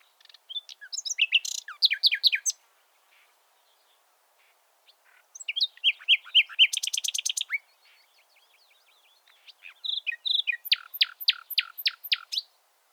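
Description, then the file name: Common nightingale song: three phrases separated by pauses, mixing fast repeated chirps and rapid rattles. "Luscinia megarhynchos"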